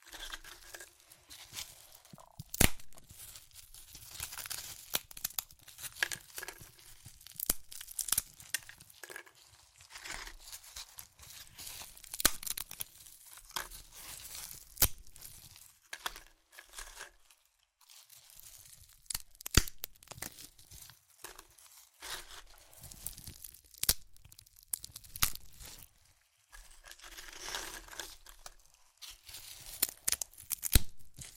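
Crunchy chips being crushed and eaten, with dense, irregular crackling and crinkling that runs through the whole stretch. Sharp, bright snaps stand out every second or two, including loud ones near 3, 15 and 20 seconds, between softer rustling of the bag.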